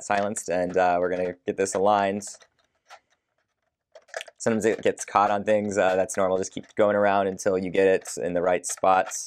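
Someone talks while turning the plastic body of a Honeywell SiXCOMBO smoke/CO detector against its plastic back plate to line it up, since it sometimes catches and has to be turned until it reaches the alignment spots. Small faint ticks from the parts rubbing come between about 3.1 and 4.3 s in a pause in the talk. Nothing has clicked or locked yet; it is locked later by a clockwise twist.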